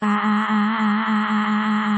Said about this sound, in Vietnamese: Cả hai đứa cùng hét, tiếng hét hòa tan vào sóng biển.